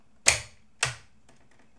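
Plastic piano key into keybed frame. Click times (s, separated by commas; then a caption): 0.8 s. A plastic key on a KORG SP170S electric piano is slid slightly back onto its mount in the keybed frame and pushed down with no heavy force. A sharp click at 0.3 s is followed by a second click at 0.8 s as the key snaps into place, then a few faint ticks. The key is seated and fully working.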